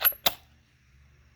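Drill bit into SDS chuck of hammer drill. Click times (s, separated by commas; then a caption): 0.3 s. A steel drill bit is pushed into the SDS chuck of a hammer drill and turned slightly until it snaps all the way in. A first metallic contact sound is heard at 0.1 s, followed by a sharp click at 0.3 s, then only faint low hum. The bit is seated and secure in the chuck.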